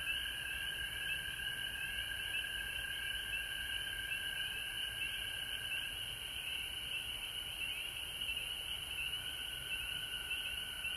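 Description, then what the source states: Frogs calling in a dense, continuous chorus with steady high tones throughout. Recorded at home in Georgia on March 19, 2020.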